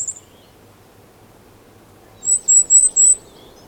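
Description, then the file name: Goldcrest: a brief high note at the start, then after a pause four very high, thin notes repeated quickly in a row. Song; Europe. "Wintergoldhaehnchen Gesang Voegel in Europa"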